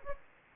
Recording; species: mosquito wingbeat signal from an infrared sensor; Anopheles gambiae